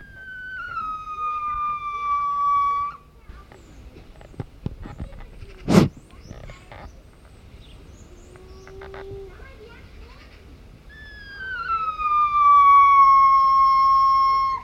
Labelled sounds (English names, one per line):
Lar Gibbon